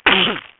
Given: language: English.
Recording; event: throat vibration sensor signal played as sound; cough